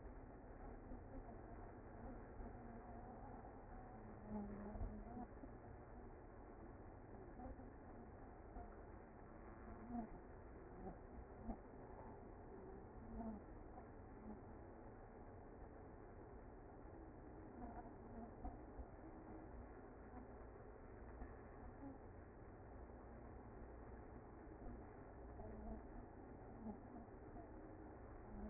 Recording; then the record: honeybee colony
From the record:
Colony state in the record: active